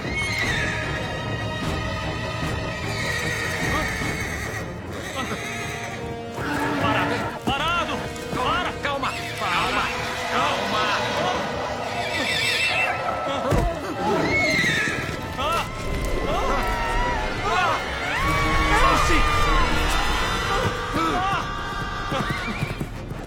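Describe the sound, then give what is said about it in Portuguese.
A horse whinnies repeatedly with high, wavering neighs while hooves clip-clop steadily underneath, all mixed with rustling and voices throughout, and a faint patter like rain in the background; a scene from a film dubbed into Portuguese. “Will, aquele era meu cavalo.”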